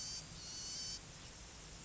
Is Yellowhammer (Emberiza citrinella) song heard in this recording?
no